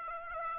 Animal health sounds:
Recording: mosquito wingbeat signal from an infrared sensor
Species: Aedes aegypti

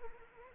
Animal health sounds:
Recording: mosquito wingbeat signal from an infrared sensor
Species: Anopheles arabiensis

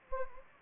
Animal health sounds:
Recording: mosquito wingbeat signal from an infrared sensor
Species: Anopheles gambiae

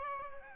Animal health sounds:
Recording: mosquito wingbeat signal from an infrared sensor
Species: Aedes albopictus

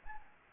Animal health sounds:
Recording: mosquito wingbeat signal from an infrared sensor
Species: Anopheles arabiensis

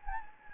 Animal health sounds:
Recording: mosquito wingbeat signal from an infrared sensor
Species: Anopheles gambiae

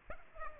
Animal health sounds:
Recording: mosquito wingbeat signal from an infrared sensor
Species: Aedes aegypti

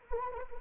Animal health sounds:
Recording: mosquito wingbeat signal from an infrared sensor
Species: Anopheles arabiensis

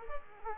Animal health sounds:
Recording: mosquito wingbeat signal from an infrared sensor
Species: Culex quinquefasciatus

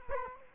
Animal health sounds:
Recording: mosquito wingbeat signal from an infrared sensor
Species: Culex quinquefasciatus

